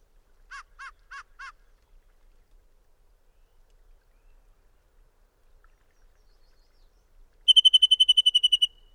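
Bird song: four short, sharp, broad-toned notes, a long quiet gap, then a rapid, even trill of about thirteen high notes.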